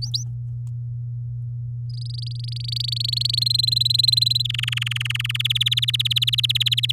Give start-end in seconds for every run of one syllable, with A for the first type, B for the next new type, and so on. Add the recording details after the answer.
0.02-0.23 A, 1.90-3.39 B, 3.41-4.42 C, 4.45-5.42 D, 5.44-6.92 E. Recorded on 9 May 2018 at 06:00. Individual llb16